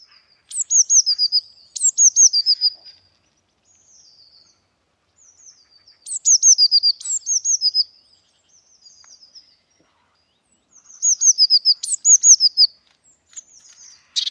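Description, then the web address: Eurasian blue tit calling: bright, high downslurred notes in quick series, in bouts about every five seconds, with softer faint notes between. "cianscape birddata Deverinetal 2025 File origin Bird Only Cy Ca"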